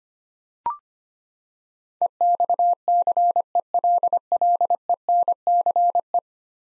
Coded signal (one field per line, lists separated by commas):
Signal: Morse code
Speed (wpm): 25 wpm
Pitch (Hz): 700 Hz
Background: none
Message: EXCELLENCE